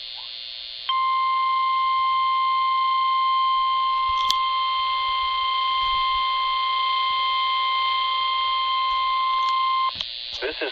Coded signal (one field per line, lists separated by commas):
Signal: Emergency Alert System (SAME) tones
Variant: 1050 Hz attention tone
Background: speech